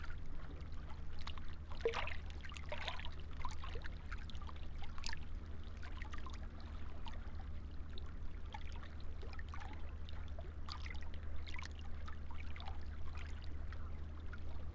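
Water laps and bobbles against a seawall, with small splashes and gurgles scattered unevenly throughout, a busier cluster around two to three seconds. Underneath runs a steady low hum that never changes, keeping the overall level fairly even.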